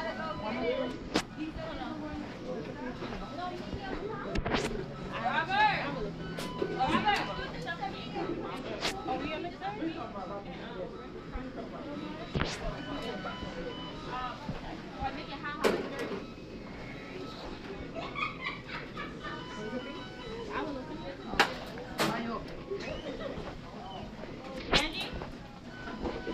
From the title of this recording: NYC sounds: McDonald's